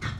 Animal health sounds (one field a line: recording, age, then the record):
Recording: pig call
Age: growing-finishing pig (85 days or more)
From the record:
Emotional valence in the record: positive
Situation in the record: run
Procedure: transit